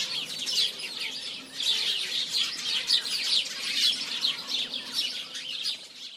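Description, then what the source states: Birds singing in a dense chorus: many high chirps and twittering trills overlap continuously, rising and falling in waves of loudness with no pause. Birds singing in the morning.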